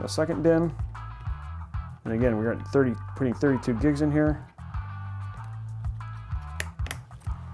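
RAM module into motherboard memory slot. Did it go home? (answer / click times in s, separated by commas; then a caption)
yes / 6.6 s, 6.9 s. A second RAM module is pushed down into a motherboard DIMM slot until its retention clips snap shut, giving a total of 32 GB. Someone talks over background music, and two sharp clicks at 6.6 s and 6.9 s show the stick is seated.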